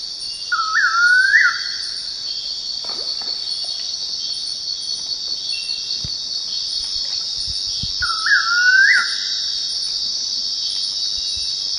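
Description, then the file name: Bird calls: two rising whistled notes with a stepped start, about a second each and several seconds apart, over a steady high insect drone. "SABIOD 50 bird 2015"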